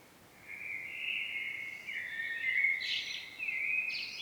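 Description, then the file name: Common blackbird song: a sustained fluted warble that steps upward into bright, high twittering notes toward the close. "Turdus merula"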